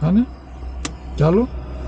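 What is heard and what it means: A parking brake lever in a car's centre console is pulled up a little further without pressing the release button, its ratchet meant to click into place. Someone talks over a steady low hum, and a brief sharp sound comes near 0.9 s. Nothing has seated or clicked yet.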